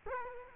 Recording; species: mosquito wingbeat signal from an infrared sensor; Culex quinquefasciatus